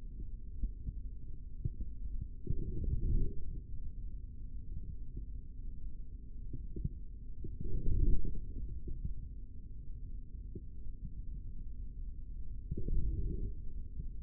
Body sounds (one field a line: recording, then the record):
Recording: forearm muscle sounds (acoustic myography)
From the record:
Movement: forearm pronation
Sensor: system 3, bracelet of six PUI Audio POM-2738L microphones around the upper forearm, with dedicated amplification and filtering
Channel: 5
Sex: male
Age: 25 years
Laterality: right